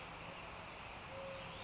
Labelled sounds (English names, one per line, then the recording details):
Western Flycatcher
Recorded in Sonoma County, California